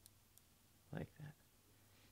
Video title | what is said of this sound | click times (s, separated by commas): Sony A6000: How to format the Sd Card in the camera | Carefully slide it in without too much force until it clicks. Like | 0.1 s